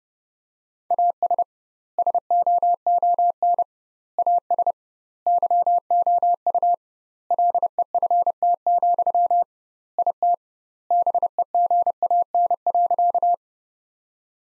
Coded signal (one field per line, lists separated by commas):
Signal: Morse code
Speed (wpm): 30 wpm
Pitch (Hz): 700 Hz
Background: none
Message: AS SOON AS YOU LEFT, IT BEGAN.